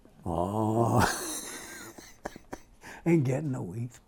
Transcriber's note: laughs